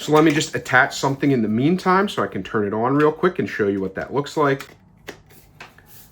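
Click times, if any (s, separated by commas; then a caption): 5.6 s. A plastic nozzle attachment is pushed onto the front of a Fanttik V10 Apex compact cordless handheld vacuum while someone talks. After the talking stops, a few short handling knocks follow, with a sharp click at 5.6 s as the attachment locks into place.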